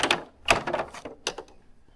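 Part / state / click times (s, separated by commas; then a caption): plastic trim clips in the motorcycle fairing panel / released / 1.3 s. The plastic trim clips in the fairing trim panel of a 2025 Road Glide are pulled loose during an Advanblack spoiler kit install, giving a series of sharp plastic snaps and crackles near 0.0, 0.1, 0.5 and 0.7 seconds. The loudest snap comes at 1.3 seconds as a clip releases, followed by a softer tick at 1.4 seconds. The panel's clips come free.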